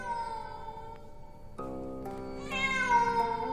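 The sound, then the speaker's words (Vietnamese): A black cat yowls mournfully in the distance, one long unbroken wail that shifts pitch in several steps and swells louder toward the end, with no voices over it. “thì bất chợt ở đằng xa, đâu đó văng vẳng lên trong không gian, tiếng con mèo kêu. Con mèo kêu lên vô cùng thê thiết.”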